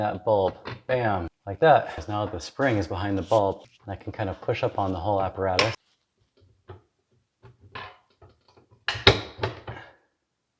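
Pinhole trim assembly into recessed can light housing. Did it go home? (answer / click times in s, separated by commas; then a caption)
yes / 8.9 s, 9.1 s. Someone talks for the first 5.7 seconds while handling an ELCO EL-2579W pinhole recessed light trim with its bulb and spring. After a few quiet handling noises, the trim assembly is pushed up into the recessed can light housing and clicks behind the retaining tab at 8.9 s and 9.1 s. It seats easily and is installed.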